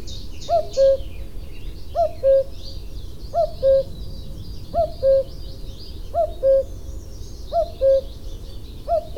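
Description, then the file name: Common cuckoo calling a clear falling two-note cu-coo over and over, roughly every one and a half seconds, while other small birds chirp softly behind. "coucou gris"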